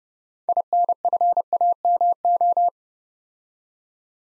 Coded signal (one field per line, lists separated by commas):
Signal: Morse code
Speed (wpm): 29 wpm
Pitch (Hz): 700 Hz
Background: none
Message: INFAMO